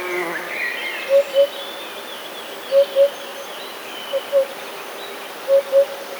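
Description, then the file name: Eurasian hoopoe giving soft low hollow double hoots, oop-oop, repeated about every one and a half seconds, with thin whistles and chirps from other birds above. "dudek"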